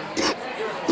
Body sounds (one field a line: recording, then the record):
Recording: coughing mixed with background sound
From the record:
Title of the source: 60 coughing still (deep and wet cough)